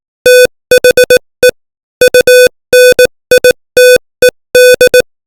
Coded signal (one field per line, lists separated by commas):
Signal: Morse code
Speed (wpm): 18 wpm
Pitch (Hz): 500 Hz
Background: music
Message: THE UNITED